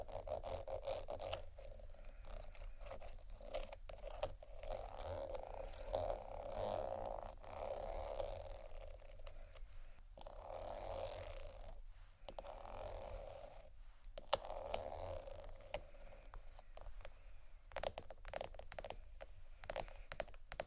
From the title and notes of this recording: ASMR Tappingscratching Galore 4 Bags (No Talking).